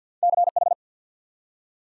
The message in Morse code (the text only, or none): CH